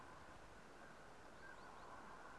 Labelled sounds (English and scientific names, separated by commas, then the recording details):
Great Tit (Parus major)
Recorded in Germany
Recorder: ecoPi